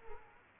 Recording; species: mosquito wingbeat signal from an infrared sensor; Culex quinquefasciatus